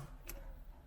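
A plastic wiring harness plug is being forced into the back of a replacement head unit for a 2006–2011 Ford Ranger. A sharp, bright tick comes at 0.3 s and a fainter one near 0.9 s over low handling noise. The plug has not seated or clicked home yet.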